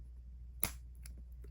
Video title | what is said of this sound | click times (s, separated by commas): Monteverde MP1 Piston-Filler Fountain Pen Special Feature Comparison & Review #fountainpen | you'll hear that snap | 0.6 s